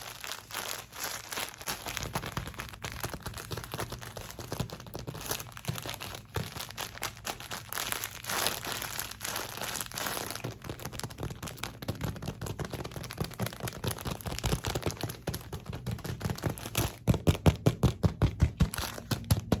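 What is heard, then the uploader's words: Quick squishy and crinkly triggers crackle along in dense, rapid bursts of bright rustling over a soft low thump. The pace holds busy and uneven through most of the clip, then sharpens near the end into louder, regular crinkling pulses after about seventeen seconds. ASMR Fast Paced Squishy + Crinkly Triggers.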